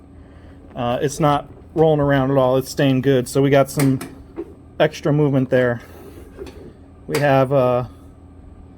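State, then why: Not seated. On a 1987 Craftsman GT18 lawn tractor, the park brake pedal's ratchet lock is being handled, set to a single notch to check that the tractor does not roll. Someone talks over a steady low hum throughout. The clip ends before the lock goes home, so nothing has seated or clicked yet.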